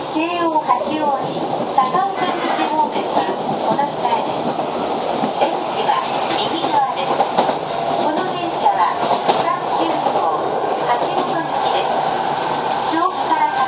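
A Keio 5000 series train on the Motoyawata to Hashimoto run, with a steady, dense running roar and hiss that hold an even level for the whole stretch. Voices talk over it throughout, and there are occasional brief clicks and rattles.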